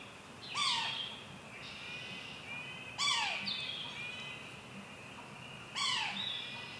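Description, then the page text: Yellow-bellied sapsucker mewing: three loud descending nasal calls roughly every two and a half seconds, with fainter high slurred calls continuing between them. Mew call; Lac Caron, Saint-Marcellin, Quebec, Canada; 23 May 2019, morning. "Pic maculé – Sphyrapicus varius – L'Oiseau son. • Cri 'Mew' Lac Caron, Saint-Marcellin, QC, 48°21’17.7″N 68°19’41.1″W. 23 mai 2019. matin"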